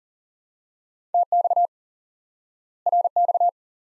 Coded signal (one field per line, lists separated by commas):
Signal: Morse code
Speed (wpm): 39 wpm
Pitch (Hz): 700 Hz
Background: none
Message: TX RX